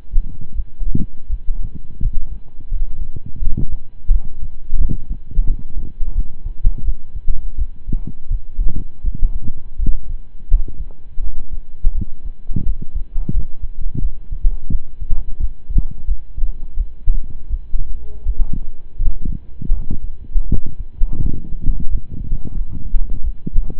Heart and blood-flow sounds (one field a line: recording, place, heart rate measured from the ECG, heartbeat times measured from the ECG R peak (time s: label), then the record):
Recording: heart sounds by stethoscope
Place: between the tricuspid and mitral areas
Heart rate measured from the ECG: 85 bpm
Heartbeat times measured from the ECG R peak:
0.52 s: heartbeat
1.27 s: heartbeat
1.99 s: heartbeat
2.68 s: heartbeat
3.39 s: heartbeat
4.09 s: heartbeat
4.77 s: heartbeat
5.44 s: heartbeat
6.12 s: heartbeat
6.82 s: heartbeat
7.55 s: heartbeat
8.28 s: heartbeat
9.01 s: heartbeat
9.76 s: heartbeat
10.48 s: heartbeat
11.19 s: heartbeat
11.92 s: heartbeat
12.63 s: heartbeat
13.31 s: heartbeat
13.99 s: heartbeat
14.68 s: heartbeat
15.37 s: heartbeat
16.05 s: heartbeat
16.74 s: heartbeat
17.47 s: heartbeat
18.23 s: heartbeat
18.96 s: heartbeat
19.70 s: heartbeat
20.46 s: heartbeat
21.19 s: heartbeat
21.88 s: heartbeat
22.53 s: heartbeat
23.21 s: heartbeat
From the record:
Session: slow and fast walking with breaks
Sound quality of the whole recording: saturated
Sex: male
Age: 25 years